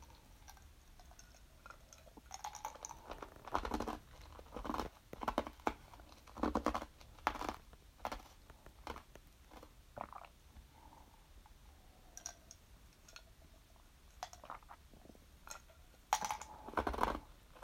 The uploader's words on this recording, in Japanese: お茶飲んだり氷食べたりの音。お茶を飲んだり氷を食べたりしました。